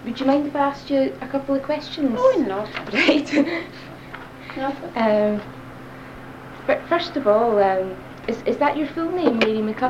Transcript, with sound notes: Would you mind if I asked you a couple of questions?
Oh, no.
Right. [laughs] Eh, first of all, erm, is that your full name, Mary McCusker?